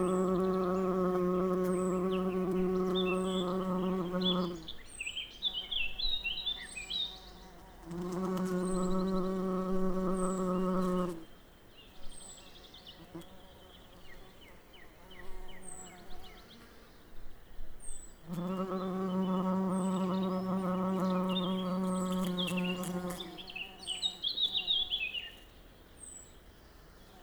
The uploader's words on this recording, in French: Piste aux espagnols - Nagra LB - Mkh 8020 - omni. Le passage d'un bourdon.